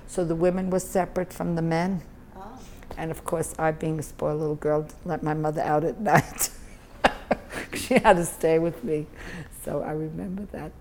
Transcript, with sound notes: So the women were separate from the men. And of course, I being a spoiled little girl, didn't let my mother out at night. (laughs) She had to stay with me. So I remember that.